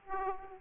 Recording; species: mosquito wingbeat signal from an infrared sensor; Aedes aegypti